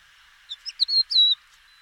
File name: búbospacsirta-hangja